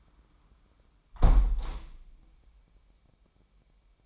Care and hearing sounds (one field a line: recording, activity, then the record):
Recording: daily activity, microphone in the room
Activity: close window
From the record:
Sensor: 1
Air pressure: 998.5 hPa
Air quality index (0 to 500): 135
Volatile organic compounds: 4 ppm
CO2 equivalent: 1619 ppm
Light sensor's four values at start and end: 10/25/10/12 and 10/24/10/12